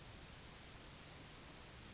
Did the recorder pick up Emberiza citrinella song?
no